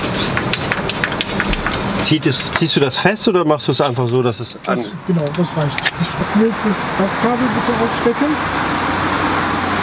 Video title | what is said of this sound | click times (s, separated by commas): Unboxing und Einbau einer Super-Vectoring-Karte | dann genau den Riegeln einrasten lassen zieht | 0.4 s, 0.5 s, 0.7 s, 0.9 s, 1.0 s, 1.2 s